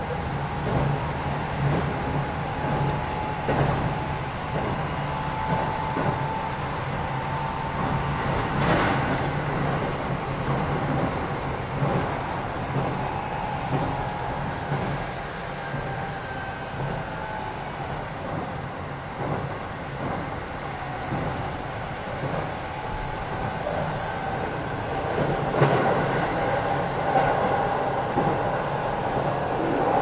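A train runs along steadily, its dense rumble holding at an even level for the whole half minute. A faint, drawn-out whine rides above the low roar, and scattered clicks and knocks from the wheels come through irregularly, with sharper bursts near 9 and 26 seconds.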